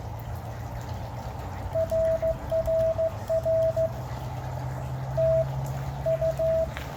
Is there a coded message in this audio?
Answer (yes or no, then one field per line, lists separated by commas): yes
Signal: Morse code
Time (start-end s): 1.8-6.6 s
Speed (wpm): 15 wpm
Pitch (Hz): 650 Hz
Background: none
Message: RRR TU